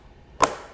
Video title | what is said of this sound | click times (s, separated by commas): Why Your Embroidery Needles Keep Snapping on Caps? (Ultimate Guide to Prevent Breaks) | And you should hear it lock in. Just like that. | 0.4 s